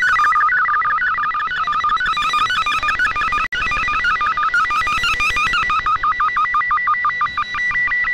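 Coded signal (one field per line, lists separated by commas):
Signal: multi-tone FSK (Olivia or MFSK type)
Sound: rapid warbling sequence of stepping tones, like a fast chirpy melody, continuous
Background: radio static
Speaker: and an image this week. It's the new U.S. Coast Guard ship for polar regions. 1 minute, 7 seconds.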